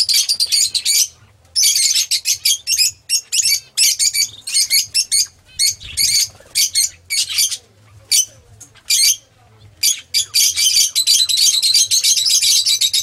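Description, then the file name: Lovebird chattering: dense, harsh, high squeaks and twitters in bursts separated by short pauses, with a low hum underneath. "lovebird omkicau"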